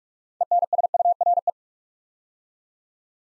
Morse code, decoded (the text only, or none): ENSURE